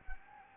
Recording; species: mosquito wingbeat signal from an infrared sensor; Anopheles gambiae